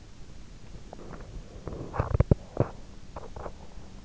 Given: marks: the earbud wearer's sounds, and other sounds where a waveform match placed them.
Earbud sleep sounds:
sounds in sleep by an in-ear microphone; teeth grinding
1.59-3.67 s: teeth grinding

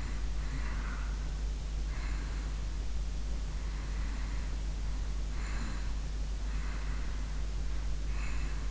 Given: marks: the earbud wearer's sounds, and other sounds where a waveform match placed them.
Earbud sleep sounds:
sounds in sleep by an in-ear microphone; breath
0.24-2.61 s: breath
3.74-6.04 s: breath
6.52-8.71 s: breath

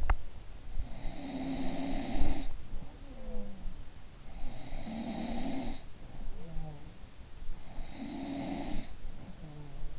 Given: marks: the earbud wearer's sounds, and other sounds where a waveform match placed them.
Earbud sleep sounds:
sounds in sleep by an in-ear microphone; teeth grinding
0.00-0.26 s: teeth grinding
0.81-3.84 s: sound from someone else or the room
4.31-6.96 s: sound from someone else or the room
7.67-9.99 s: sound from someone else or the room

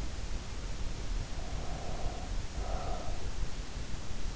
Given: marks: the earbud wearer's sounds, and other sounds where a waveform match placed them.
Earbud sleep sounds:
sounds in sleep by an in-ear microphone; breath
1.28-3.56 s: breath

